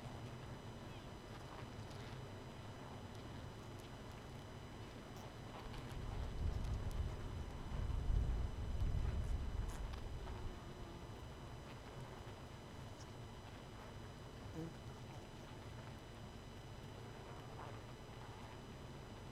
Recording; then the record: honeybee colony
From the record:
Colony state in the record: missing queen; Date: 31 May 2018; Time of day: 23:39